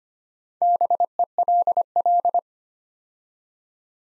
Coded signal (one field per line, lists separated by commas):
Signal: Morse code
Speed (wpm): 25 wpm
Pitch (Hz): 700 Hz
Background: none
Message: BELL